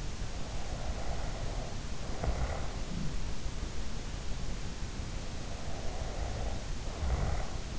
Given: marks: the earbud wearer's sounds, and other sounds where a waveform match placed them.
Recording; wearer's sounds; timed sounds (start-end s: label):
sounds in sleep by an in-ear microphone; snoring breath
0.19-3.35 s: snoring breath
5.27-7.79 s: snoring breath